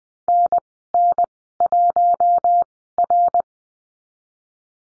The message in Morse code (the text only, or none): NN1R